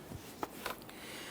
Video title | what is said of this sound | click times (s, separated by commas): How to Replace VVT Solenoids 2011-2021 Jeep Grand Cherokee 3.6L V6 | Press that on. You're going to feel it and hear it click into place. | 0.4 s